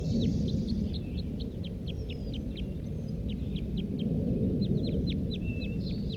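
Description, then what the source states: Red Crossbill song: rapid series of short, sharp downslurred notes, repeated in bursts with brief pauses, over a steady low rumble. Wild male, not yet captured, one of a group of three, singing from the top of a pine; recorded almost 8 a.m., June 1, 1983, down Poverty Hollow.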